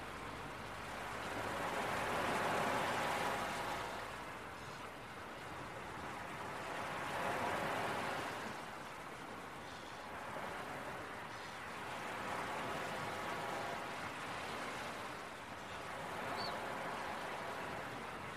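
Beach waves wash in steady, rolling surges that swell roughly every five seconds, with a faint high cry near the end.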